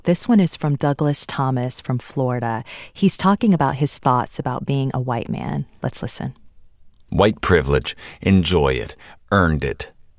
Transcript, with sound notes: This one is from Douglas Thomas from Florida. He's talking about his thoughts about being a white man. Let's listen.
(SOUNDBITE OF AUDIOBOOK, "OUR HIDDEN CONVERSATIONS: WHAT AMERICANS REALLY THINK ABOUT RACE AND IDENTITY") White privilege. Enjoy it. Earned it.